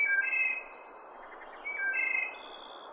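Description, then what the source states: Wood thrush song: clear, bell-like fluted notes followed by a high, fast buzzy trill, the phrase given twice. Clear-as-a-bell song ending in a staccato, machine-gun-like trill.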